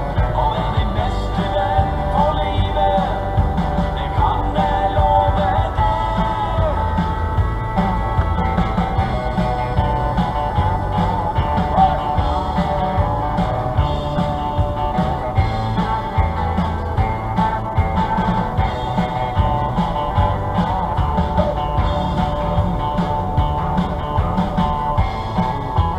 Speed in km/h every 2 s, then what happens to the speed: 36, 36, 36, 37, 38, 38, 39, 40, 40, 38, 37, 37, 34.
0-16 steady at about 38. 16-26 slows to 34.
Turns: none.